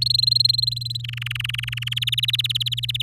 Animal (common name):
Domestic Canary